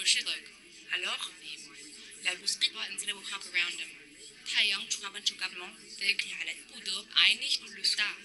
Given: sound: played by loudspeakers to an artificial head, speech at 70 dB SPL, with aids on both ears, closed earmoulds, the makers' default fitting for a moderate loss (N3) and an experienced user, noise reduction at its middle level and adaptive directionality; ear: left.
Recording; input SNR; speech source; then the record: speech test signal (ISTS) in cocktail-party noise; 0 dB; in front (0 degrees)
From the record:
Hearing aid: class 2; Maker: J